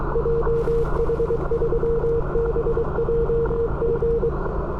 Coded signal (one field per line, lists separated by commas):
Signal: Morse code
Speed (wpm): 20 wpm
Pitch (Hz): 500 Hz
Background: radio noise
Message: JH3BJG